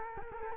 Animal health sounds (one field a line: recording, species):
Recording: mosquito wingbeat signal from an infrared sensor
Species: Culex quinquefasciatus